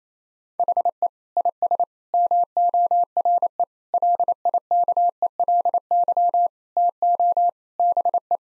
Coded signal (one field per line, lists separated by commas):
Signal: Morse code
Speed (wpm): 28 wpm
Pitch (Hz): 700 Hz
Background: none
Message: HE IS MORE LIKELY TO BE